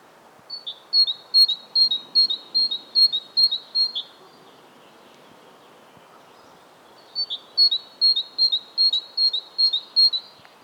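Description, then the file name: Great tit singing its ringing see-saw phrase, a two-note figure repeated several times per burst, with two bursts separated by a pause of about three seconds. "Parus major"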